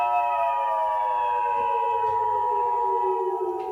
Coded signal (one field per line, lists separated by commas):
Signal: Emergency Alert System (SAME) tones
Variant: 853 and 960 Hz attention tone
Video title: EAS Scenario Short: PlayStation 5 Riot